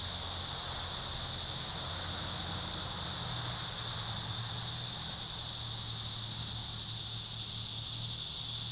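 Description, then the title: Cicadas singing in a steady, unbroken high-pitched buzz that holds constant throughout, with a faint low hum underneath. Cicadas at Trinity. "neoscenes: cicadas at Trinity"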